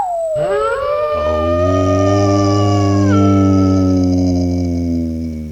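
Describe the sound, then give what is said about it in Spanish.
A wolf howls in a jingle, a long, loud cry that slides up and then holds a steady tone, with a second droning layer joining beneath it for several seconds. No one speaks. “Me gusta el jingle con el lobo y también es siempre muy bueno para limpiar la voz antes de hablar.”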